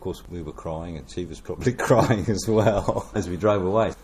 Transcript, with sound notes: And of course we were crying, and she was probably [chuckle] crying as well, as we drove away.